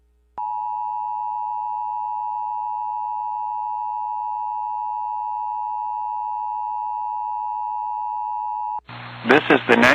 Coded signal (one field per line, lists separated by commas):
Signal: Emergency Alert System (SAME) tones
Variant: 853 and 960 Hz attention tone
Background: speech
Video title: (EAS #52) | Anchorage NWR Required Weekly Test on KSDP-AM | 06/14/2023